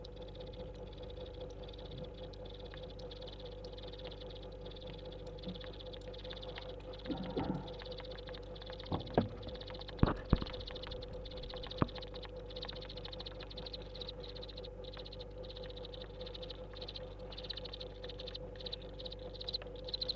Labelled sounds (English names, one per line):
House Cricket